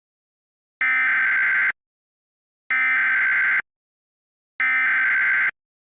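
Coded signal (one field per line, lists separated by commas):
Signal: Emergency Alert System (SAME) tones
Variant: header bursts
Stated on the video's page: Fictional alternate-history EAS scenario, not real alerts.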